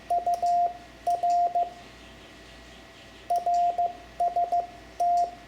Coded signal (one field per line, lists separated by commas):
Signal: Morse code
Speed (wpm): 15 wpm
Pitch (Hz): 700 Hz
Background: radio noise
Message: UR RST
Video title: Learning CW for Ham Radio (Lesson 10) Morse Code punctuation, Amateur Radio